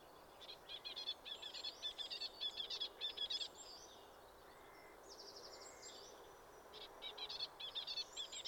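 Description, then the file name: Great tit giving quick runs of short, sharp high notes in bursts, with a second burst near the end, over steady hiss. "Parus major"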